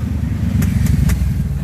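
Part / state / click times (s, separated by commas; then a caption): aluminium side case onto motorcycle side rack / not seated / none. An aluminium side case is handled onto a motorcycle side rack, hung on the rack mounts at all four points, with a steady low engine-like rumble and a few short knocks, including at 0.6 s and 1.7 s. Nothing has seated or locked yet.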